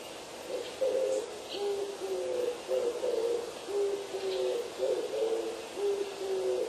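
Turtle dove giving deep, purring phrases, repeated steadily.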